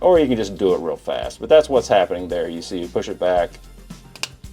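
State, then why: Seated. Someone talks while pushing back the spring-loaded auto-morph foot of a plastic robot action figure so a tab slides into its slot in the leg. A short, sharp plastic click at 4.2 s shows the foot seating into place.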